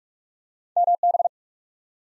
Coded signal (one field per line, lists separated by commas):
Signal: Morse code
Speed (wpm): 44 wpm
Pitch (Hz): 700 Hz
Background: none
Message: MB